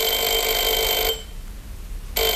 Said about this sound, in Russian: Ночью меня разбудил телефон.